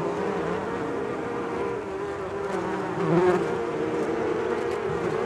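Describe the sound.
Bees droning in a constant buzz, several wingbeat tones overlapping, briefly louder midway.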